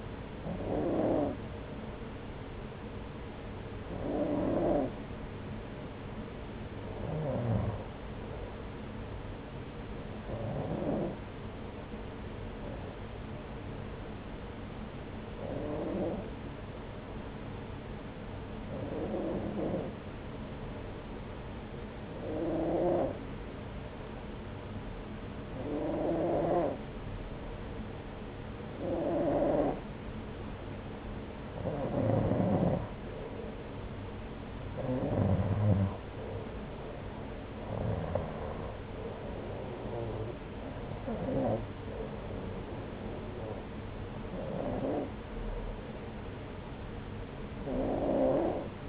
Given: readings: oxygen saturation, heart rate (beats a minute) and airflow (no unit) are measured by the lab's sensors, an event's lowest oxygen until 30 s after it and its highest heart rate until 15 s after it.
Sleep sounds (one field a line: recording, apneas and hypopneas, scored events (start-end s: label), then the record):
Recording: breathing in sleep by a voice recorder at the bedside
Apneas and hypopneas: 1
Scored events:
3.00-32.20 s: hypopnea (N2, oxygen 95% highest, then 92% lowest)
From the record:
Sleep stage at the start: N2 (light sleep)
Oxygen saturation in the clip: 92 to 95%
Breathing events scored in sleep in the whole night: 303 in 8.1 hours asleep